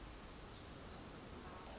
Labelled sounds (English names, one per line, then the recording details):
Pacific Wren
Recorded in Sonoma County, California